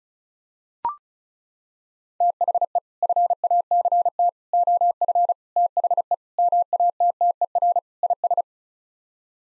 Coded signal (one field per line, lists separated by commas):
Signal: Morse code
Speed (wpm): 34 wpm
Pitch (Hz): 700 Hz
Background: none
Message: THE FACT OF THE MATTER IS